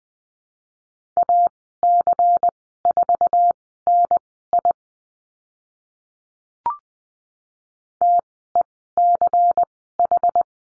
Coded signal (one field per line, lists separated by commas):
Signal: Morse code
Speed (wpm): 20 wpm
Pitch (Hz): 700 Hz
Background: none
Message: AC4NI TECH